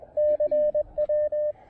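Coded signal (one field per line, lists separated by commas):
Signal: Morse code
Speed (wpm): 19 wpm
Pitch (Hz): 590 Hz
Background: radio noise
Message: CW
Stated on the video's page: SOTA activation on 20, 17, 15 and 10 meters using an improvised wire antenna on an observation deck rail.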